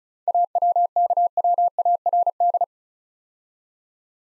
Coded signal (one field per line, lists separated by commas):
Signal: Morse code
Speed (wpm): 36 wpm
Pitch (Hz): 700 Hz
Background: none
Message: AWKWARD